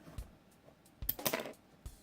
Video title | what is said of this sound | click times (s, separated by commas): Star Wars Shadows of the Empire Swoop Bike | and it's pushed till you hear click, and | 1.1 s